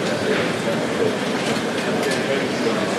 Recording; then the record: background sound without coughing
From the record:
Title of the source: Office Sounds Ambience - Background Noise for Study and Work